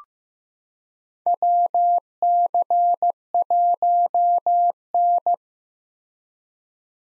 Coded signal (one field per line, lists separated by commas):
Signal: Morse code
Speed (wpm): 15 wpm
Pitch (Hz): 700 Hz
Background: none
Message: WC1N